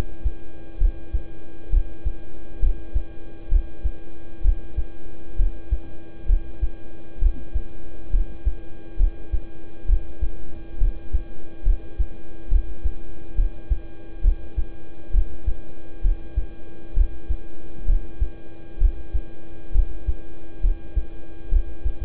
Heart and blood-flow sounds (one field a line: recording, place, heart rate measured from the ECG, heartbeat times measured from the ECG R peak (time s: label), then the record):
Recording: heart sounds by stethoscope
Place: between the tricuspid and mitral areas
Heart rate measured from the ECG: 67 bpm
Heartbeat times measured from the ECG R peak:
0.78 s: heartbeat
1.70 s: heartbeat
2.59 s: heartbeat
3.48 s: heartbeat
4.41 s: heartbeat
5.36 s: heartbeat
6.26 s: heartbeat
7.19 s: heartbeat
8.10 s: heartbeat
8.96 s: heartbeat
9.86 s: heartbeat
10.78 s: heartbeat
11.63 s: heartbeat
12.48 s: heartbeat
13.35 s: heartbeat
14.21 s: heartbeat
15.11 s: heartbeat
16.01 s: heartbeat
16.93 s: heartbeat
17.85 s: heartbeat
18.78 s: heartbeat
19.72 s: heartbeat
20.60 s: heartbeat
21.49 s: heartbeat
From the record:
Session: rest, lying down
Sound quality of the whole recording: good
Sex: male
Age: 26 years